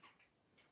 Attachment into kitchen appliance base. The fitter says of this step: you click right in.